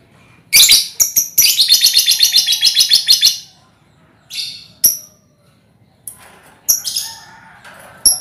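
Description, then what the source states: Lovebird ngekek song: a long run of rapid, harsh, high chattering notes for about three seconds, then scattered sharp squeaky chirps with brief pauses between. Lovebird ngekek song, used as a lure song (kicau pancingan).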